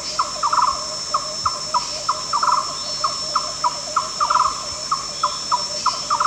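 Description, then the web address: Yellow-crowned barbet calls: rhythmic hollow notes punctuated by fast trilled clusters, set against a continuous whining insect background. At Danum on 1 July 2008. "DANUM 20080701. yellow-crowned barbet"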